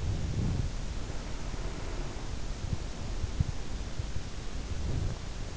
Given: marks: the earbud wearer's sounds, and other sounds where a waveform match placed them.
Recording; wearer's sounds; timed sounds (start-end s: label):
sounds in sleep by an in-ear microphone; body movement, breath
0.10-0.90 s: body movement
0.90-4.16 s: breath
4.43-5.45 s: body movement